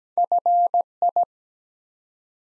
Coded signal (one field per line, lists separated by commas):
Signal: Morse code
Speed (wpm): 17 wpm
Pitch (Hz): 700 Hz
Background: none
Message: FI